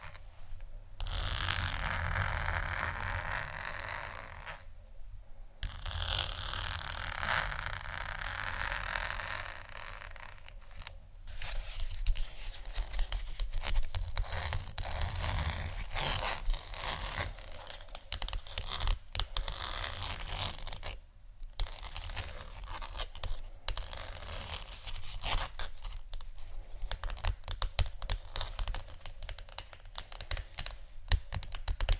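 Scratchy tapping and scratching run almost nonstop, dense and bright with rapid rough strokes, pausing briefly around 5, 11 and 21 seconds.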